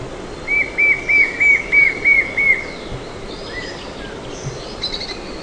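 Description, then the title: White-shouldered fire-eye calls in a series of about seven clear whistled notes near one pitch, evenly spaced, then fainter bird sounds in the background. "LuckyPassaro Completos2Sama. White-shouldered Fire-eye (Pyriglena leucoptera)"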